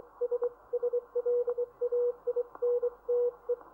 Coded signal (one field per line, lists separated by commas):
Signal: Morse code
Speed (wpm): 24 wpm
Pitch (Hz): 480 Hz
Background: none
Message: S SLAINTE